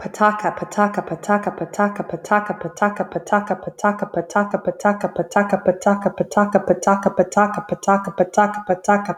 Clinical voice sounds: repeated syllables /pa ta ka/; female; 40 to 49 years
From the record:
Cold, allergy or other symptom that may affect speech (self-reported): no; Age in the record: 43 years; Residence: Texas, United States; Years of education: 14

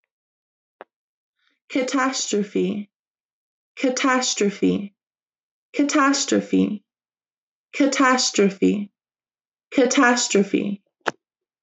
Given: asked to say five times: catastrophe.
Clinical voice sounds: repeated word; female; 20 to 29 years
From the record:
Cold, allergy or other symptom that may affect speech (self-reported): no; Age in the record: 28 years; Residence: Alabama, United States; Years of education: 13

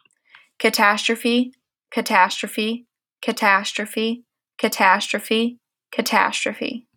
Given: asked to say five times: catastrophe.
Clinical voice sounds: repeated word; female; 20 to 29 years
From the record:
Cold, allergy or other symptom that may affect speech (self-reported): no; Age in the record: 22 years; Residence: Pennsylvania, United States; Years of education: 16

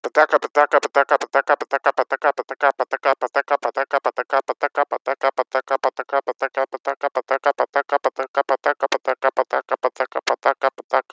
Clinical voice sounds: repeated syllables /pa ta ka/; male; 30 to 39 years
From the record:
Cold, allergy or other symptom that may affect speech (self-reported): no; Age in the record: 35 years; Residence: Connecticut, United States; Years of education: 16

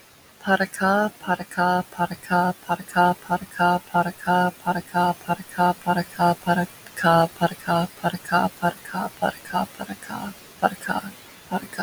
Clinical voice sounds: repeated syllables /pa ta ka/; female; 20 to 29 years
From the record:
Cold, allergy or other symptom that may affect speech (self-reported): no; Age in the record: 21 years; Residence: South Carolina, United States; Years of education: 16

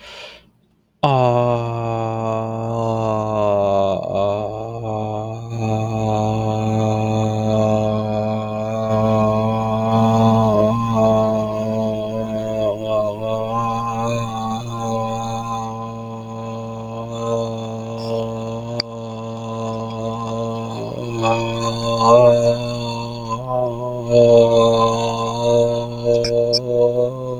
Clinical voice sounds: vowel held as long as possible; male; 30 to 39 years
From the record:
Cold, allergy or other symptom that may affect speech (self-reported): no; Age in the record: 32 years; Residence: Utah, United States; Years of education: 12

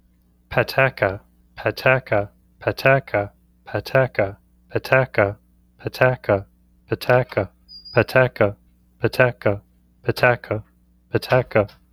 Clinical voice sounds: repeated syllables /pa ta ka/; male; 30 to 39 years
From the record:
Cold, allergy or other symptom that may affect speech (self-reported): no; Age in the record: 38 years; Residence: Kansas, United States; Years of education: 13

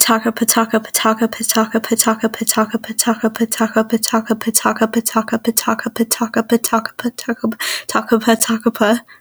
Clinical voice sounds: repeated syllables /pa ta ka/; female; 20 to 29 years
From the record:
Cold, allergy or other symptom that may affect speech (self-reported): no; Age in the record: 22 years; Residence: Texas, United States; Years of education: 12

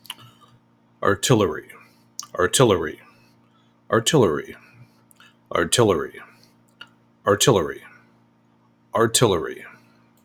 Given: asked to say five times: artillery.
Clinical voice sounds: repeated word; male; 40 to 49 years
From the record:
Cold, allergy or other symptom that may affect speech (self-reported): no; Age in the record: 46 years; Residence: New York, United States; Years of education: 12

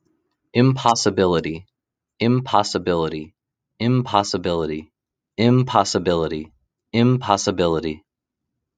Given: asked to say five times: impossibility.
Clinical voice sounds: repeated word; male; 30 to 39 years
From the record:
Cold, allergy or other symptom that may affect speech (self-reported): no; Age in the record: 31 years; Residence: Texas, United States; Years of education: 25

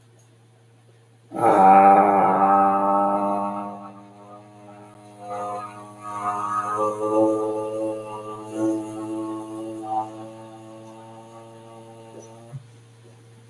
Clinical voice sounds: vowel held as long as possible; male; 40 to 49 years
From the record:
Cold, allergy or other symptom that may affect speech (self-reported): no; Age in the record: 45 years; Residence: Michigan, United States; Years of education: 16

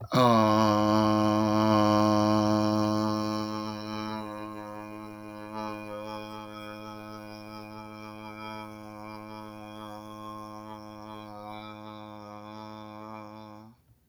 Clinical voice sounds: vowel held as long as possible; male; 30 to 39 years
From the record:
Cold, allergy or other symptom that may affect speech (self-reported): no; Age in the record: 38 years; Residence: Georgia, United States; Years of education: 24

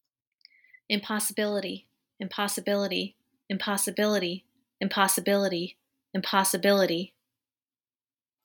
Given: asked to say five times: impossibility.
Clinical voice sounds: repeated word; female; 30 to 39 years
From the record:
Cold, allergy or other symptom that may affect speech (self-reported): no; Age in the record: 35 years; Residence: United States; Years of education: 17

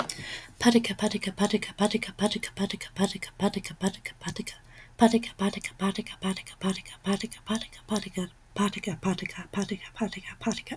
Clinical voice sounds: repeated syllables /pa ta ka/; female; 20 to 29 years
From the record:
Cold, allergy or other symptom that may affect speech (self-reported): no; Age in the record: 22 years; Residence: Texas, United States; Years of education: 16

